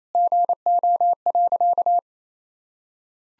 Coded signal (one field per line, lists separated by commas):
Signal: Morse code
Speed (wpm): 28 wpm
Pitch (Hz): 700 Hz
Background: none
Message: GO.